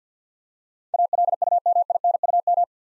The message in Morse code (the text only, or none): ALUMINUM